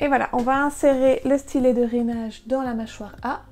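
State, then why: Not seated. A scoring stylus is being handled for insertion into clamp A of a Cricut Maker cutting machine while someone talks. The stylus has not seated or clicked into the clamp yet when the clip ends.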